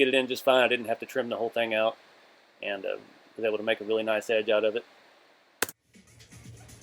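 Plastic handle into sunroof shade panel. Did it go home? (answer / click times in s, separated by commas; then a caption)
yes / 5.6 s. A plastic handle is pressed back onto the re-covered sunroof shade panel of a 2003 Suburban 2500 and snaps into place with one sharp click at 5.6 s, confirming it is seated. Before the click, someone talks, and faint low noise follows it.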